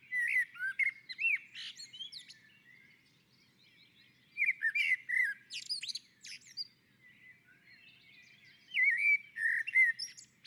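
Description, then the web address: Common blackbird song in three phrases of rich whistled notes and scratchy high trills, separated by pauses of a couple of seconds. On a roof. "Naturinspelningar Koltrast på taket"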